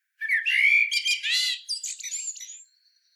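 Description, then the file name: Common blackbird singing one phrase: fluty, warbled notes that break into a burst of high, squeaky twittering before fading out. "Turdus merula"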